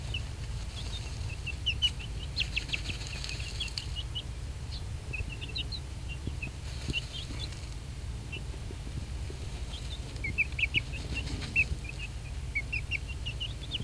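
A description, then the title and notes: Young chicks peep in quick, high chirps throughout while bursts of scratchy rustling come and go over a steady low outdoor rumble. Silky chicks, about one-month old, enjoy a dirt bath in the sun after foraging under shrubbery among recently downed leaves and limbs.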